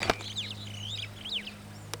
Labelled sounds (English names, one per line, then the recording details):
Superb Starling flight call
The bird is a male
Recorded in Kenya on 17 June 2010
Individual 109, of group WDB